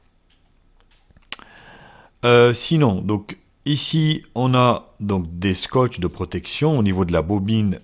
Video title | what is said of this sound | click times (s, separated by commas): Coupe-bordure électrique 300 W - MAC ALLISTER, de Brico Dépôt test | voilà comme ça c'est bien enclenchée sinon | 1.3 s